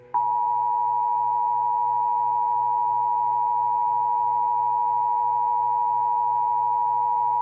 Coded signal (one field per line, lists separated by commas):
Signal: Emergency Alert System (SAME) tones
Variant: 853 and 960 Hz attention tone